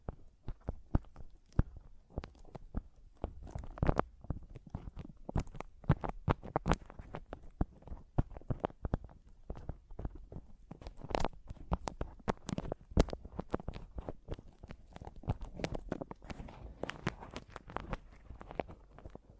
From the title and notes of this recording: ASMR Mic Tapping and Scratching (No Talking).